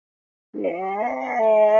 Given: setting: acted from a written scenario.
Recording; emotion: vocal sound without words; disgust